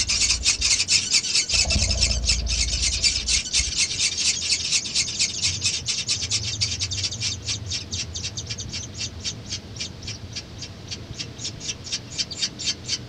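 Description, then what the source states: Vaux's swift wing sound: a rushing, rasping whir that settles into regular pulses about twice a second, gradually softening, with a low rumble early on. Wing sounds of a group of swifts.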